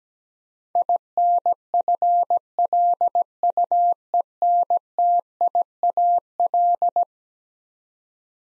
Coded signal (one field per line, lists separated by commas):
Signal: Morse code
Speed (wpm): 17 wpm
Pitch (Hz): 700 Hz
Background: none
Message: INFLUENTIAL